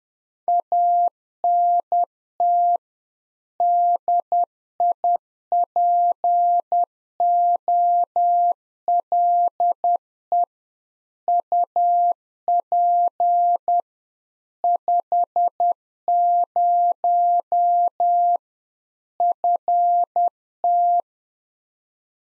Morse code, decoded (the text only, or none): ANT DIPOLE UP 50 FT